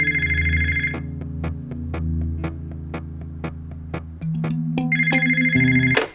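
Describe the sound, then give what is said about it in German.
A telephone in front of a couch rings in two bright, buzzing electronic bursts, one at the start and one near the end, separated by a steady low hum with a regular series of sharp ticks. “Renata sitzt immer noch auf der Couch vor dem Telefon.”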